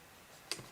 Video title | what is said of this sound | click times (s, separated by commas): Low Pressure - Grinder and Inner Burr Adjustment - Breville Barista Express | you're going to hear the heel that click | 0.5 s